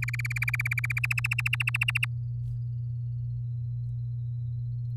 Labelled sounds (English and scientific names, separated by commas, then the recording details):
Domestic Canary (Serinus canaria) song
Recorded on 6 May 2018 at 05:40
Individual llb16